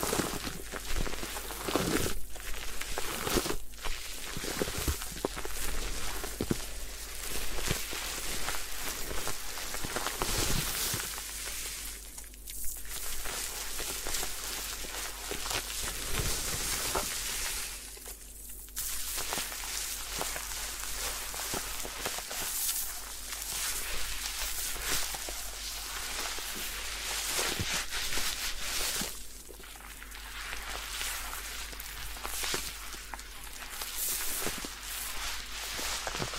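A head spa hair wash: dense, hissing splashes and rubbing fill the clip with steady crackly scrubbing and frequent quick taps. The wash eases briefly near 12, 18 and 30 seconds before resuming, and a low, even hum runs underneath.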